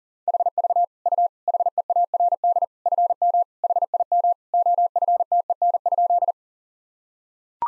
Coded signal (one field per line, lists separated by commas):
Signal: Morse code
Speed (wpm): 40 wpm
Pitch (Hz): 700 Hz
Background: none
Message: HV U HEARD FM HIM OFTEN?